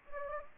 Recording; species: mosquito wingbeat signal from an infrared sensor; Anopheles gambiae